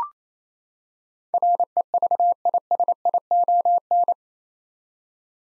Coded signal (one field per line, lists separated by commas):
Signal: Morse code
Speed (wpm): 28 wpm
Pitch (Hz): 700 Hz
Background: none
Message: REVISION